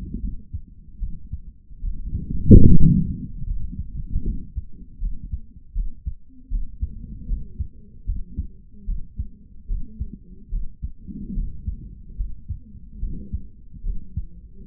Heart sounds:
heart sounds by stethoscope; 75 bpm
0.21 s: heartbeat
0.99 s: heartbeat
1.80 s: heartbeat
2.64 s: heartbeat
3.46 s: heartbeat
4.24 s: heartbeat
5.00 s: heartbeat
5.74 s: heartbeat
6.50 s: heartbeat
7.27 s: heartbeat
8.06 s: heartbeat
8.86 s: heartbeat
9.67 s: heartbeat
10.50 s: heartbeat
11.34 s: heartbeat
12.17 s: heartbeat
13.00 s: heartbeat
13.82 s: heartbeat
14.66 s: heartbeat
From the record:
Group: healthy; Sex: male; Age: 55 years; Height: 167 cm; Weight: 57.2 kg

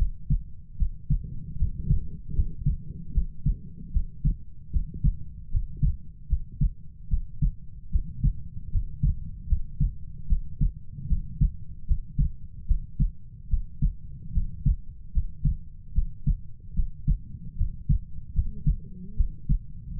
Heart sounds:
heart sounds by stethoscope; 75 bpm
0.77 s: heartbeat
1.57 s: heartbeat
2.33 s: heartbeat
3.12 s: heartbeat
3.91 s: heartbeat
4.70 s: heartbeat
5.49 s: heartbeat
6.27 s: heartbeat
7.08 s: heartbeat
7.90 s: heartbeat
8.70 s: heartbeat
9.47 s: heartbeat
10.27 s: heartbeat
11.07 s: heartbeat
11.85 s: heartbeat
12.65 s: heartbeat
13.48 s: heartbeat
14.32 s: heartbeat
15.11 s: heartbeat
15.93 s: heartbeat
16.74 s: heartbeat
17.55 s: heartbeat
18.33 s: heartbeat
19.15 s: heartbeat
19.97 s: heartbeat
From the record:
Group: healthy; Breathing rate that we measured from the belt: 19 breaths a minute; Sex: female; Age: 19 years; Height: 163 cm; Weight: 48.9 kg

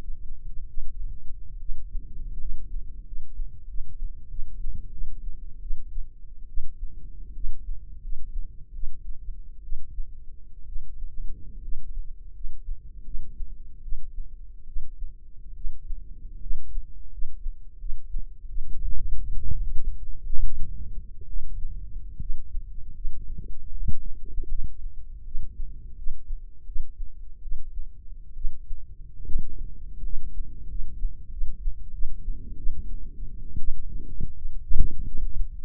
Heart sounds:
heart sounds by microphone in the left ear; 77 bpm
0.67 s: heartbeat
1.59 s: heartbeat
2.38 s: heartbeat
3.03 s: heartbeat
3.66 s: heartbeat
4.28 s: heartbeat
4.91 s: heartbeat
5.60 s: heartbeat
6.47 s: heartbeat
7.33 s: heartbeat
8.01 s: heartbeat
8.72 s: heartbeat
9.62 s: heartbeat
10.65 s: heartbeat
11.61 s: heartbeat
12.32 s: heartbeat
13.03 s: heartbeat
13.81 s: heartbeat
14.66 s: heartbeat
15.54 s: heartbeat
16.39 s: heartbeat
17.10 s: heartbeat
17.78 s: heartbeat
18.47 s: heartbeat
19.25 s: heartbeat
20.23 s: heartbeat
21.26 s: heartbeat
22.18 s: heartbeat
22.93 s: heartbeat
23.69 s: heartbeat
24.47 s: heartbeat
25.24 s: heartbeat
25.95 s: heartbeat
26.65 s: heartbeat
27.41 s: heartbeat
28.34 s: heartbeat
29.24 s: heartbeat
30.02 s: heartbeat
30.67 s: heartbeat
31.30 s: heartbeat
31.91 s: heartbeat
32.56 s: heartbeat
33.58 s: heartbeat
34.34 s: heartbeat
35.04 s: heartbeat
From the record:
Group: healthy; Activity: rest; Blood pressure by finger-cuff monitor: 97/62 mmHg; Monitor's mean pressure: 74 mmHg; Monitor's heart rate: 78 bpm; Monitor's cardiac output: 6.8 L/min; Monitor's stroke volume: 87 mL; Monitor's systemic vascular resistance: 770 dyn s/cm5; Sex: female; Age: 22 years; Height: 157 cm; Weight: 47.6 kg

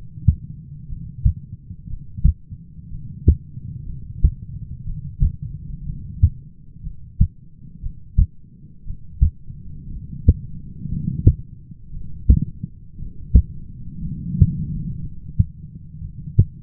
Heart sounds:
heart sounds by stethoscope; 60 bpm
0.88 s: heartbeat
1.88 s: heartbeat
2.90 s: heartbeat
3.85 s: heartbeat
4.85 s: heartbeat
5.85 s: heartbeat
6.82 s: heartbeat
7.81 s: heartbeat
8.85 s: heartbeat
9.89 s: heartbeat
10.88 s: heartbeat
11.92 s: heartbeat
12.98 s: heartbeat
14.02 s: heartbeat
15.00 s: heartbeat
16.00 s: heartbeat
From the record:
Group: heart failure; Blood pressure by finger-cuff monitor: 97/60 mmHg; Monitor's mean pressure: 71 mmHg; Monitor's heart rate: 59 bpm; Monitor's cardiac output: 6.4 L/min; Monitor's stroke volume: 108 mL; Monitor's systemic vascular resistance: 790 dyn s/cm5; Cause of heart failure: dilated cardiomyopathy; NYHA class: 2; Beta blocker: bisoprolol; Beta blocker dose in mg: 10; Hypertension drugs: sacubitril-valsartan, spironolactone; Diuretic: furosemide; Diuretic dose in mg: 40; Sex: male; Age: 29 years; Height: 174 cm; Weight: 92 kg

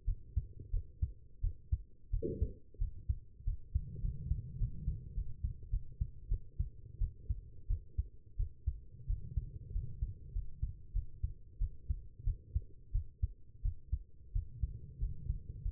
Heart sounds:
heart sounds by stethoscope; 92 bpm
0.05 s: heartbeat
0.71 s: heartbeat
1.41 s: heartbeat
2.11 s: heartbeat
2.79 s: heartbeat
3.45 s: heartbeat
4.01 s: heartbeat
4.58 s: heartbeat
5.15 s: heartbeat
5.71 s: heartbeat
6.29 s: heartbeat
6.99 s: heartbeat
7.68 s: heartbeat
8.37 s: heartbeat
9.07 s: heartbeat
9.73 s: heartbeat
10.33 s: heartbeat
10.93 s: heartbeat
11.59 s: heartbeat
12.24 s: heartbeat
12.92 s: heartbeat
13.62 s: heartbeat
14.33 s: heartbeat
15.00 s: heartbeat
15.63 s: heartbeat
From the record:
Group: healthy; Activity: rest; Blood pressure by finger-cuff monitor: 104/73 mmHg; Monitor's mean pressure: 86 mmHg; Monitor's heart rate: 90 bpm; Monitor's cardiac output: 7.9 L/min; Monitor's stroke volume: 82 mL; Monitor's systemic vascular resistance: 810 dyn s/cm5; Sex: female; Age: 19 years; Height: 163 cm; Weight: 51 kg

